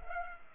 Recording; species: mosquito wingbeat signal from an infrared sensor; Culex pipiens